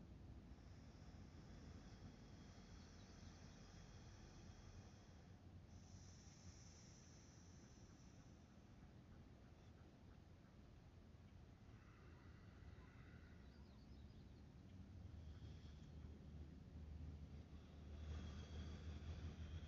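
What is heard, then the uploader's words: Sounds from the lake: a steady low rumble and rustle fills the whole stretch, with thin high whistling tones drifting in and out, strongest around five to eight seconds. Brief chirpy calls appear near twelve seconds, and a deeper hum swells toward the end. Sounds from the lake.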